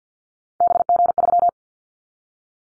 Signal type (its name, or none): Morse code